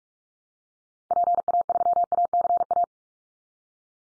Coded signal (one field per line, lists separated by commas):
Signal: Morse code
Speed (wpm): 44 wpm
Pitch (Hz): 700 Hz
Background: none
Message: PA3ACA